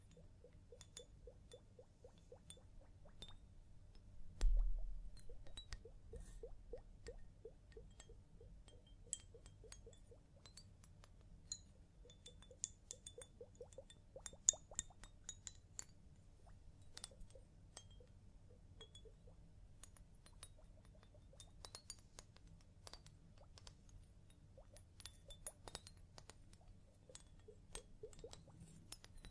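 Scalp massage and hair wash sounds: constant soft crackling and faint glassy clinks over a low hum, with a heavier thump around five seconds.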